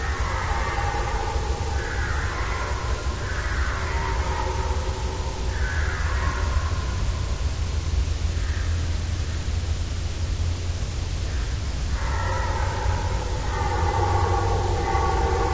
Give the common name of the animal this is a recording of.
Red Deer